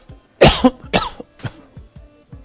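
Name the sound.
coughing and throat clearing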